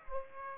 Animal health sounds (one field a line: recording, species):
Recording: mosquito wingbeat signal from an infrared sensor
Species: Aedes aegypti